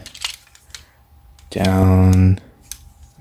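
Someone talks while handling a plastic Transformers Legacy Evolution Commander class Armada universe Optimus Prime figure, working the tab on the bottom of its arm toward a slot in the body, with small, light plastic taps and knocks through the first second and a sharp tick near 2.7 s. A loud, steady, harmonic droning tone holds from about 1.5 to 2.4 s in the middle of the struggle. The tab has not gone into the slot yet and nothing has seated or clicked.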